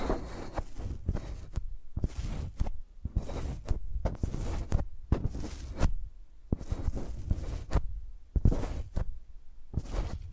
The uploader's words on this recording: Using Mics as Pencils (No Talking).